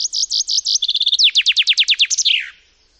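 Common chaffinch song: bright repeated notes, a rapid rattling middle section, a series of loud descending notes, then a slurred falling end flourish.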